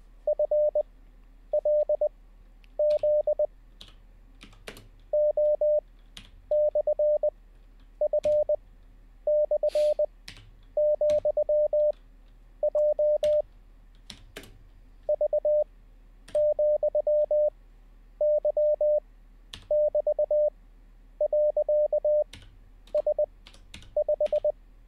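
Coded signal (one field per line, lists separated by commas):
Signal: Morse code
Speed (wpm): 20 wpm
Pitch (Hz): 590 Hz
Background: none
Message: FLZ O/F/,J V,Y<BT>.S5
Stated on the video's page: Morse code practice during a live-streamed daily learning session.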